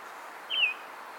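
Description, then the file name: Eurasian bullfinch giving a single soft, piping whistle that slides downward, over quiet background hiss. "Pyrrhula pyrrhula"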